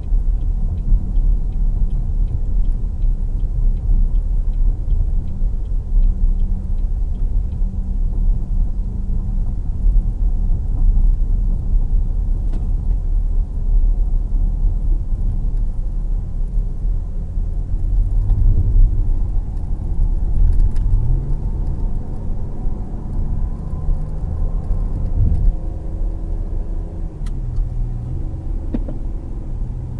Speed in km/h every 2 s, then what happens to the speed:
60, 61, 60, 60, 58, 60, 58, 61, 63, 69, 74, 84, 92, 97, 103.
0-13 steady at about 60. 13-30 speeds up to 103.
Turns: 4-17.